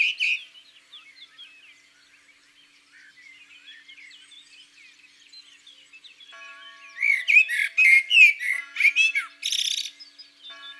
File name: Merle noir Chants doiseaux dans la campagne